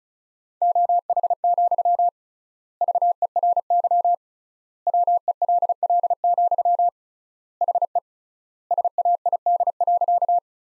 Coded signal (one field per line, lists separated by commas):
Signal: Morse code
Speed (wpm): 36 wpm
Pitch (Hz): 700 Hz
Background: none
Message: OH, VERY WELL, HE SAID.